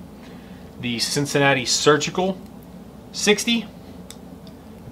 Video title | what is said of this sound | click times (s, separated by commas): IN-DEPTH Review of Replaceable Blade Knives | feels like it pops on when we look at it from the top we can see that it's not all the way in place and | 4.1 s